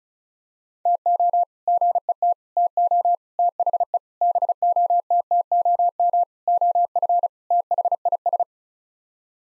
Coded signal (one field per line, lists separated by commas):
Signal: Morse code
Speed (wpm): 36 wpm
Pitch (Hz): 700 Hz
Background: none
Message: TO GET TO THE BOTTOM OF THIS